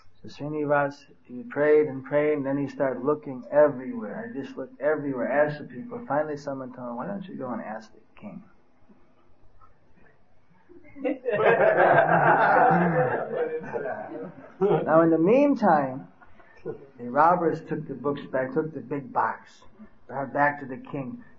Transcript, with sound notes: So Srinivas he prayed and prayed and then he started looking everywhere, and just looked everywhere, asked the people. Finally someone told, “Why don’t you go and ask the King?” (laughter) Now in the meantime the robbers took the books back with the big box, back to the King.